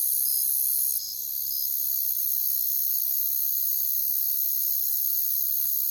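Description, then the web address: Crickets sounding as a constant high, hissing drone, with a few short chirps early on before the chorus evens out. "Natures Songs Sleep Sounds of Nature CRICKETS Crickets"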